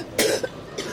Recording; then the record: coughing mixed with background sound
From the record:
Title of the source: 55 gaggy wet cough